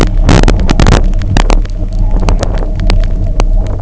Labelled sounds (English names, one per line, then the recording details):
none
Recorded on Arctic tundra, site UTQI-0, on 27 June 2018
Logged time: 16:00